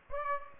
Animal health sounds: mosquito wingbeat signal from an infrared sensor; Aedes aegypti

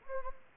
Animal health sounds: mosquito wingbeat signal from an infrared sensor; Anopheles gambiae

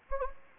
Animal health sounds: mosquito wingbeat signal from an infrared sensor; Anopheles gambiae

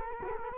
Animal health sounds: mosquito wingbeat signal from an infrared sensor; Culex quinquefasciatus

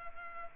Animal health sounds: mosquito wingbeat signal from an infrared sensor; Culex pipiens

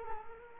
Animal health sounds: mosquito wingbeat signal from an infrared sensor; Culex quinquefasciatus

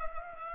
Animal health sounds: mosquito wingbeat signal from an infrared sensor; Culex pipiens

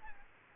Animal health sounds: mosquito wingbeat signal from an infrared sensor; Aedes aegypti

